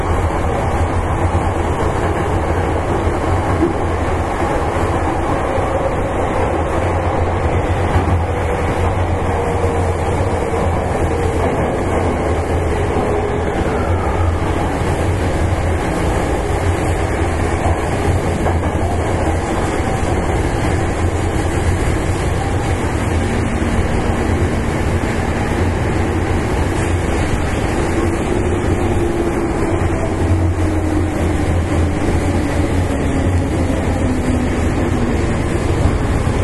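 Running sound recorded aboard an electric commuter train, a steady, dense rumble with a strong low hum and rushing noise that holds an even level throughout. Faint gliding motor whines rise and fall around the middle and again near thirty seconds.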